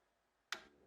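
The rotating arrow nock receiver on a plastic Bohing fletching jig is turned one step until its detent clicks into the next fletch position. After near silence, a single sharp tick sounds at 0.5 s and fades quickly, and the indexer is seated in the next position.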